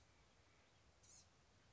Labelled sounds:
Blue-gray Gnatcatcher (Polioptila caerulea)
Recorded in Sonoma County, California

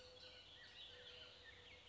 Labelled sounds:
Bullock's Oriole (Icterus bullockii)
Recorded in Sonoma County, California

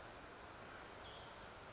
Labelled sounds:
Western Flycatcher (Empidonax difficilis)
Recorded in Sonoma County, California

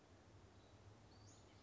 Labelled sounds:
Western Flycatcher (Empidonax difficilis)
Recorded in Sonoma County, California

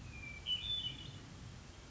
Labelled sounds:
Hermit Thrush (Catharus guttatus)
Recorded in Sonoma County, California

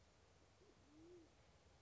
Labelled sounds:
Band-tailed Pigeon (Patagioenas fasciata)
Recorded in Sonoma County, California

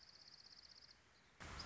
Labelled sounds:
Dark-eyed Junco (Junco hyemalis)
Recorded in Sonoma County, California

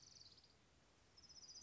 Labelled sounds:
Orange-crowned Warbler (Leiothlypis celata)
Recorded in Sonoma County, California

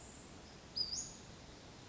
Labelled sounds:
Western Flycatcher (Empidonax difficilis)
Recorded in Sonoma County, California

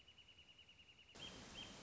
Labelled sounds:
Wrentit (Chamaea fasciata)
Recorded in Sonoma County, California

